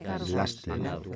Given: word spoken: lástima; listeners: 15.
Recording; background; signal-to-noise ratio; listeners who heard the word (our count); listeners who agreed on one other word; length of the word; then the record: one Spanish word in noise, from a listening test; four-talker babble; 1.0 dB; 1 of 15; 6 of 15; 0.76 s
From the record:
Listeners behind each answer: 6, 5, 1, 1, 1, 1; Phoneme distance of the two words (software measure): 27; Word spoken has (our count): 3 syllables, 7 phonemes, stress on syllable 1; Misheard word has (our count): 2 syllables, 6 phonemes, stress on syllable 1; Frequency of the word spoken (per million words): 16.12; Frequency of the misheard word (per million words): 3.80